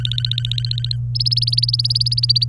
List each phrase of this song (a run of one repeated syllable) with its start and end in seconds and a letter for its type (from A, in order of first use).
0.00-0.96 A, 1.15-2.44 B